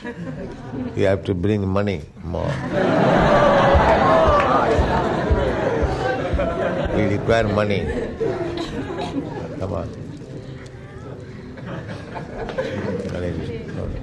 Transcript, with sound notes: You have to bring money more. [laughter] We require money. Come on. Hare